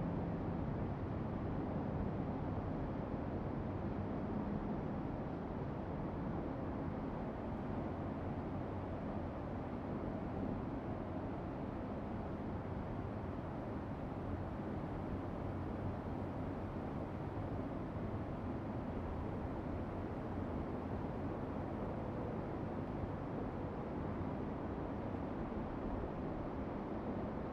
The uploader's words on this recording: City Skyline Ambience. With crystal clear binaural audio.